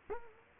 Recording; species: mosquito wingbeat signal from an infrared sensor; Culex quinquefasciatus